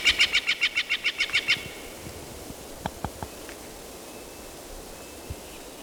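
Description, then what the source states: Steller's Jay calls, a rapid run of evenly spaced harsh, rasping notes, then a few faint clicks and quiet background. Group number one calling; June 24, 1997, southeast slope of Raw Cat Mountain, 3,900 feet, 7.5 miles north and 15.5 miles east of Prineville, Ochoco Mountains, Crook County, Oregon.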